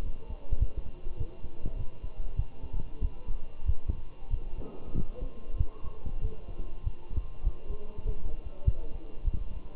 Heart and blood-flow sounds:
heart sounds by stethoscope; between the tricuspid and mitral areas; 98 bpm
0.03 s: heartbeat
0.60 s: heartbeat
1.17 s: heartbeat
1.77 s: heartbeat
2.37 s: heartbeat
3.02 s: heartbeat
3.67 s: heartbeat
4.31 s: heartbeat
4.95 s: heartbeat
5.58 s: heartbeat
6.22 s: heartbeat
6.84 s: heartbeat
7.45 s: heartbeat
8.06 s: heartbeat
8.65 s: heartbeat
9.25 s: heartbeat
From the record:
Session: walking at 3.7 km/h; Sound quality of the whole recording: good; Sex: male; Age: 23 years

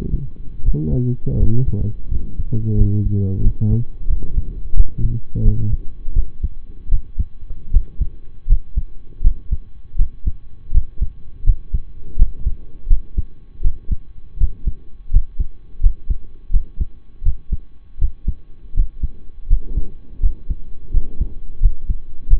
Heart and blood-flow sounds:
heart sounds by stethoscope; between the tricuspid and mitral areas; 83 bpm
0.62 s: heartbeat
1.37 s: heartbeat
2.08 s: heartbeat
2.75 s: heartbeat
3.41 s: heartbeat
4.07 s: heartbeat
4.74 s: heartbeat
5.42 s: heartbeat
6.13 s: heartbeat
6.89 s: heartbeat
7.71 s: heartbeat
8.46 s: heartbeat
9.21 s: heartbeat
9.96 s: heartbeat
10.71 s: heartbeat
11.44 s: heartbeat
12.16 s: heartbeat
12.87 s: heartbeat
13.61 s: heartbeat
14.37 s: heartbeat
15.10 s: heartbeat
15.80 s: heartbeat
16.50 s: heartbeat
17.22 s: heartbeat
17.98 s: heartbeat
18.73 s: heartbeat
19.47 s: heartbeat
20.20 s: heartbeat
20.91 s: heartbeat
21.59 s: heartbeat
22.27 s: heartbeat
From the record:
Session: rest, lying down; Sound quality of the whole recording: partially saturated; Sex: male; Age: 25 years

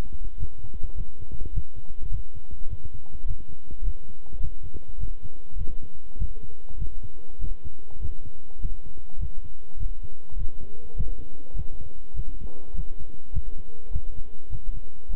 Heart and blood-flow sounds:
heart sounds by stethoscope; between the tricuspid and mitral areas; 102 bpm
0.37 s: heartbeat
0.95 s: heartbeat
1.52 s: heartbeat
2.09 s: heartbeat
2.68 s: heartbeat
3.25 s: heartbeat
3.82 s: heartbeat
4.39 s: heartbeat
4.98 s: heartbeat
5.56 s: heartbeat
6.17 s: heartbeat
6.77 s: heartbeat
7.39 s: heartbeat
8.00 s: heartbeat
8.59 s: heartbeat
9.18 s: heartbeat
9.78 s: heartbeat
10.37 s: heartbeat
10.95 s: heartbeat
11.54 s: heartbeat
12.14 s: heartbeat
12.74 s: heartbeat
13.32 s: heartbeat
13.91 s: heartbeat
14.50 s: heartbeat
15.09 s: heartbeat
From the record:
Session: walking at 3.7 km/h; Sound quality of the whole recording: good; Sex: male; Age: 26 years

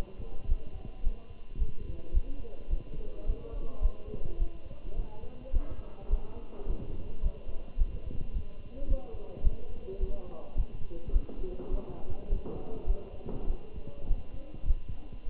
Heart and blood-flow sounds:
heart sounds by stethoscope; between the tricuspid and mitral areas; 105 bpm
0.48 s: heartbeat
1.03 s: heartbeat
1.58 s: heartbeat
2.13 s: heartbeat
2.70 s: heartbeat
3.26 s: heartbeat
3.82 s: heartbeat
4.39 s: heartbeat
4.96 s: heartbeat
5.53 s: heartbeat
6.10 s: heartbeat
6.67 s: heartbeat
7.22 s: heartbeat
7.78 s: heartbeat
8.33 s: heartbeat
8.88 s: heartbeat
9.43 s: heartbeat
10.00 s: heartbeat
10.56 s: heartbeat
11.13 s: heartbeat
11.71 s: heartbeat
12.29 s: heartbeat
12.87 s: heartbeat
13.47 s: heartbeat
14.07 s: heartbeat
14.67 s: heartbeat
15.27 s: heartbeat
From the record:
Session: Bruce protocol treadmill stress test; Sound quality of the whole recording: good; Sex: male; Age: 27 years

